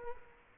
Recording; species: mosquito wingbeat signal from an infrared sensor; Culex quinquefasciatus